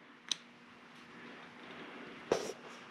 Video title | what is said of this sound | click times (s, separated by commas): Harley Davidson Front Suspension Service and Upgrade | and you just slide them into the corresponding holes just pick one install and you'll hear it click there | 0.3 s